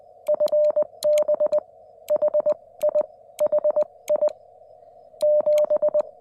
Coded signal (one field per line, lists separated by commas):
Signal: Morse code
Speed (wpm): 20 wpm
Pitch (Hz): 590 Hz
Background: none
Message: FB HI HI 7